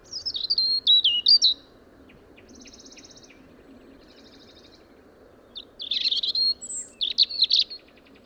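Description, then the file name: European robin song: high, tinkling, varied warbled phrases separated by a pause with faint buzzy trills, over a low steady background noise. "Erithacus rubecula"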